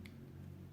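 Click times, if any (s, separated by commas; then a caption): 0.1 s. A CR2032 coin-cell battery holder, positive side up, is slid all the way down into the plastic smart key fob of a 2019-present Hyundai Veloster. A single sharp tick at 0.1 s marks the battery tray locking in place over a steady low hum. The holder is seated.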